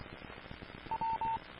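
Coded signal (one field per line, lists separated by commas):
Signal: none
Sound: a repeater's courtesy beeps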